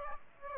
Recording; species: mosquito wingbeat signal from an infrared sensor; Aedes aegypti